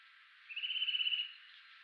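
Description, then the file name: Eurasian nuthatch gives a quick trill of high, rapidly repeated notes that swell slightly over about three-quarters of a second, then stop. "Sitta europaea"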